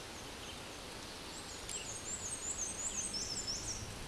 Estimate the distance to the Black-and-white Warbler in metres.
about 20 m